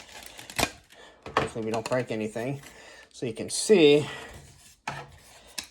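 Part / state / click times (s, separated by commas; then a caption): figure wing into back socket / seated / 4.9 s, 5.6 s. With the head popped off a NECA Gargoyles Goliath action figure, a plastic wing is fitted into its socket on the figure's back while someone talks. Two sharp snaps are heard at 4.9 s and 5.6 s as the wing clicks into place and seats.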